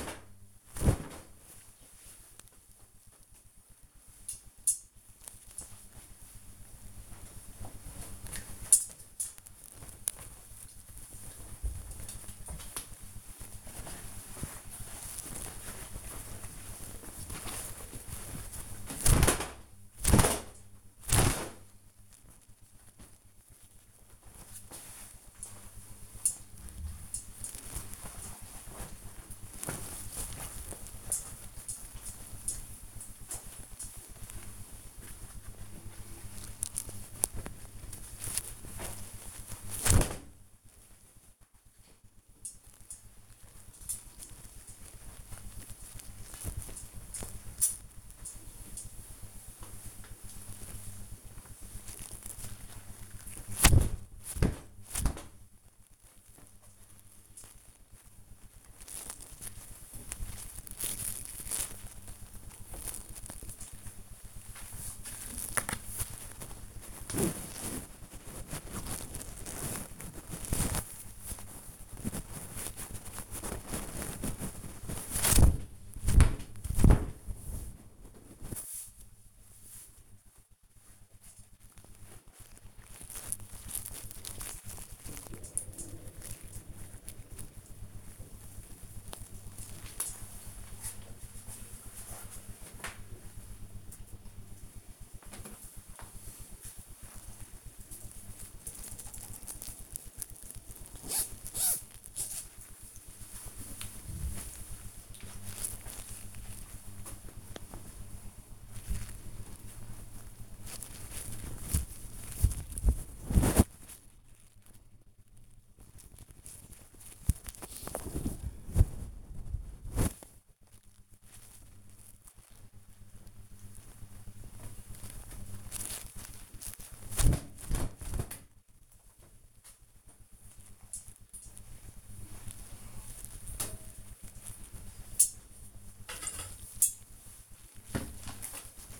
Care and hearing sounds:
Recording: household activities, microphone on the right wrist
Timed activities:
0.00-91.81 s: hanging up laundry
94.81-139.00 s: hanging up laundry

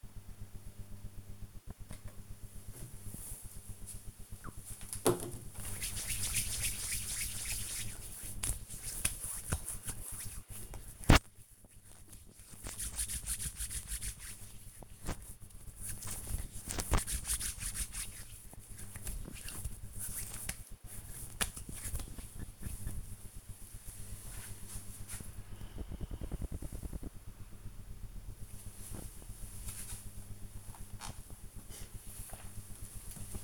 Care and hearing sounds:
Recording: household activities, microphone on the right wrist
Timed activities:
1.03-22.18 s: cream hands

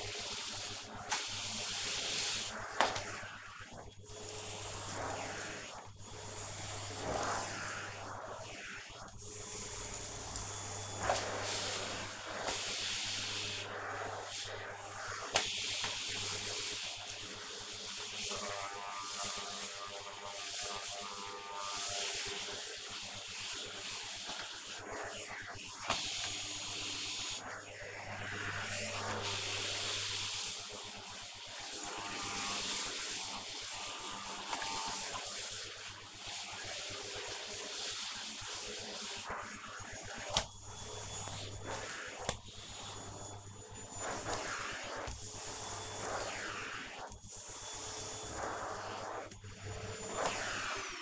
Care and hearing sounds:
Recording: household activities, microphone on the right wrist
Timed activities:
0.00-50.32 s: vacuum cleaning

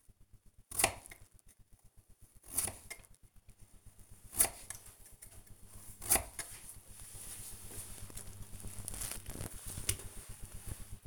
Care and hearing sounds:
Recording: household activities, microphone on the right wrist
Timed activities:
0.00-9.64 s: cutting vegetables

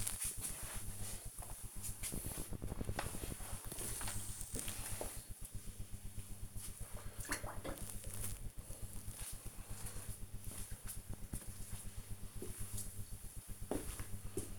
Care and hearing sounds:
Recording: household activities, microphone on the right wrist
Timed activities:
0.00-8.64 s: floor cleaning

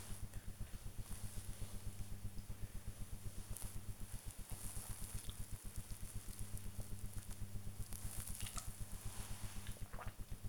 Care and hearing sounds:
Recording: household activities, microphone on the right wrist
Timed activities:
0.00-10.49 s: drinking

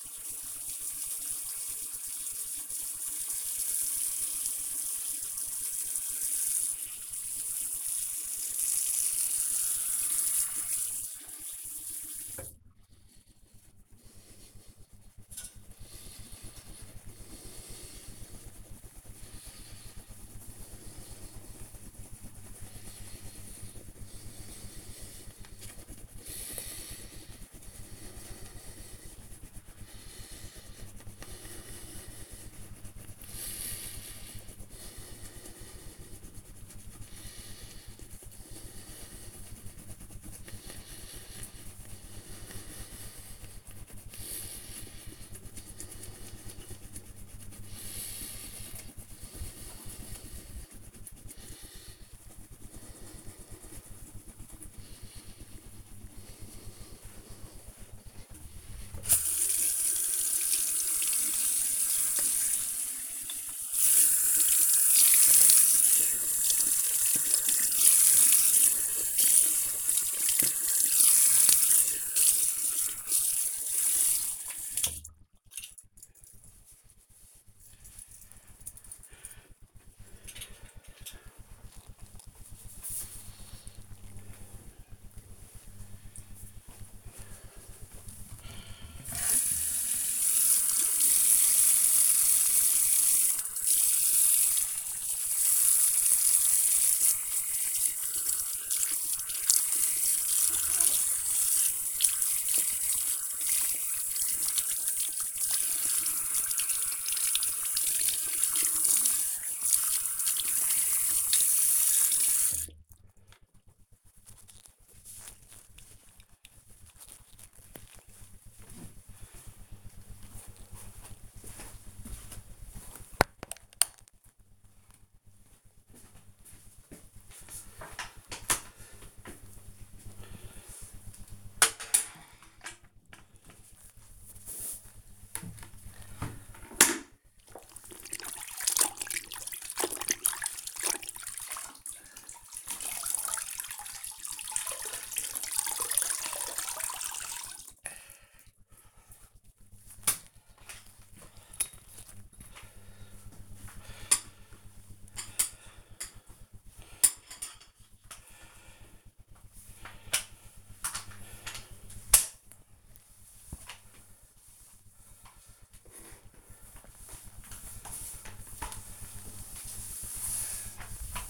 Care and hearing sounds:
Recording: household activities, microphone on the right wrist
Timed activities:
0.00-74.80 s: brushing teeth
87.86-113.05 s: washing hands
127.15-171.30 s: floor cleaning

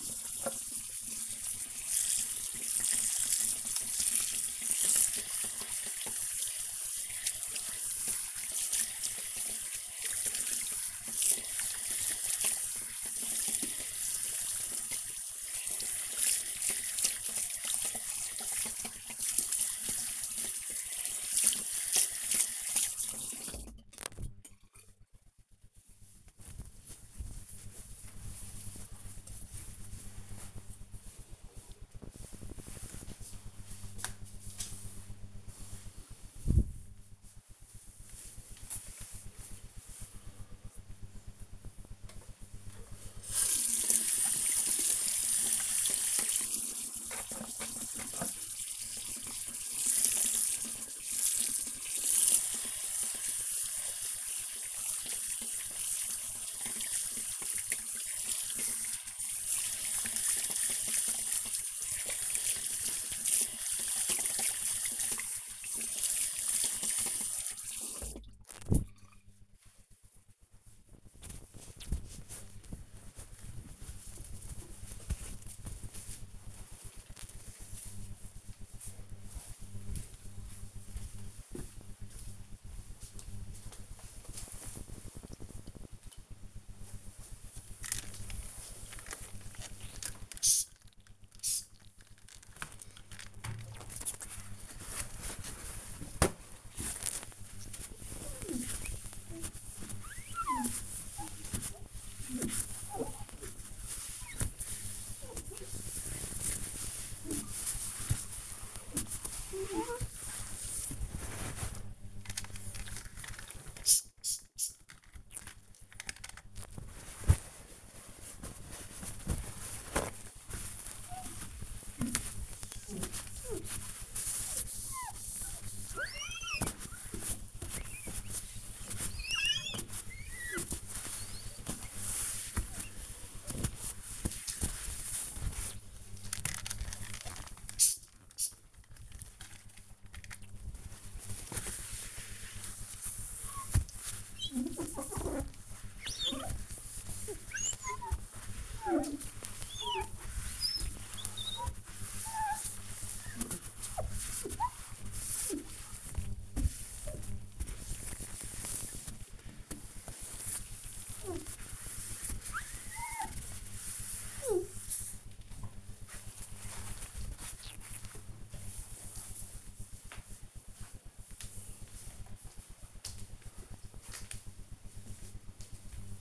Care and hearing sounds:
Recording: household activities, microphone on the right wrist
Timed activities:
0.00-24.22 s: washing hands
41.31-69.51 s: washing hands
89.64-165.05 s: window cleaning

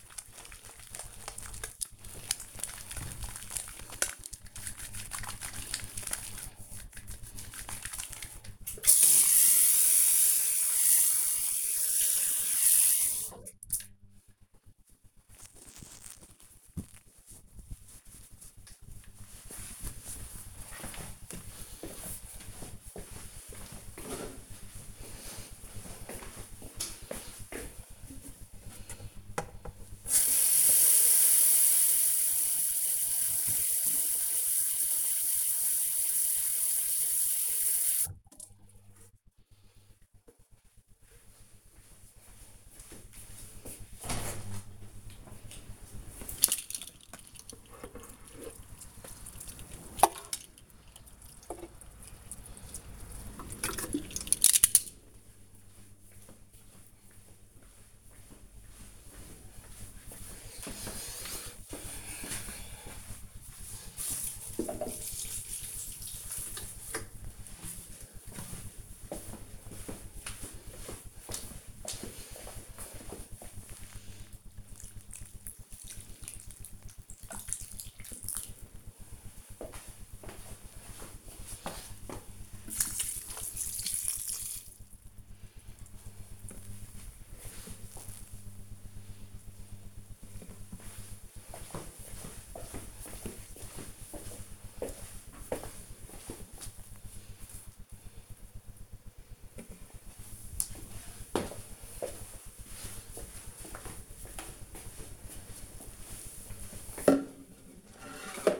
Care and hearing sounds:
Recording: household activities, microphone on the right wrist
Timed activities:
0.00-13.66 s: washing hands
26.74-85.06 s: watering plant

